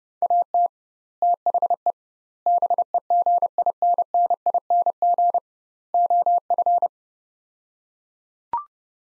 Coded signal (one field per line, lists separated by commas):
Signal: Morse code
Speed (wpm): 30 wpm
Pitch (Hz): 700 Hz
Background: none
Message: AT THE BEGINNING OF